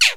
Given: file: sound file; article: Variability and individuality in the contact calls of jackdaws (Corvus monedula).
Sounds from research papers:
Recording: jackdaw call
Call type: noisy

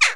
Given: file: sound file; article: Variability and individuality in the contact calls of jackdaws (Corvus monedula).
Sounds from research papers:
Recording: jackdaw call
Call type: harmonic

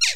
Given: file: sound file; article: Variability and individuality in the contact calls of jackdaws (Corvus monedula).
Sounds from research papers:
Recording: jackdaw call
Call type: noisy

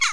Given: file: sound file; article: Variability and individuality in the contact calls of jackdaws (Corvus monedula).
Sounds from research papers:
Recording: jackdaw call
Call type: harmonic

